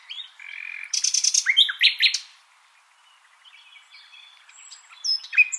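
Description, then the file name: Common nightingale song with a buzzy rattling trill and loud chirps, then softer scattered notes and a final burst of sharp notes. "Luscinia megarhynchos"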